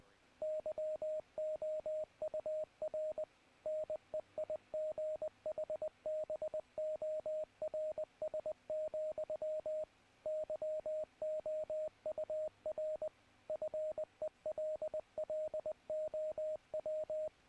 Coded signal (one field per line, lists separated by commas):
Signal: Morse code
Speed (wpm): 19 wpm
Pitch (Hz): 620 Hz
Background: radio noise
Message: YOUR NEIGHBORS, YOUR FELLOW